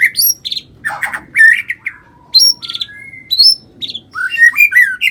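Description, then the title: White-rumped shama singing a varied phrase of clear whistles, rising notes and harsh buzzy bursts, with long pure whistled tones between louder segments. "murai batu"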